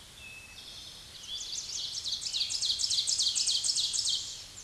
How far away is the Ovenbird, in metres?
about 20 m